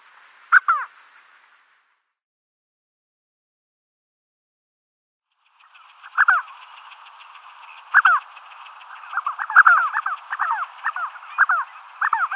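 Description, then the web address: Spotted sandgrouse: a single sharp call, several seconds of quiet, then repeated throaty slurred notes that grow more frequent toward the end. "Schulze Peter Spotted Sandgrouse"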